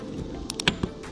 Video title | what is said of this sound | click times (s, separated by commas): How to Clean Lawn Spreaders Correctly + Make them LAST Forever | There you go. Heard it click. | 0.6 s, 0.7 s